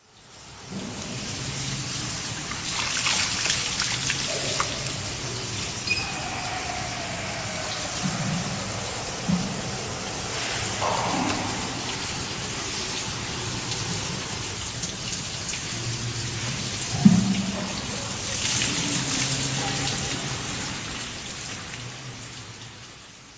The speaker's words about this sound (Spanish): Los llenamos de agua y nos los echamos por encima para mojarnos. Nos lavamos con jabón y luego nos enjuagamos bien. El sonido de la gente echándose el agua con los yuoke es el que caracteriza a los sento.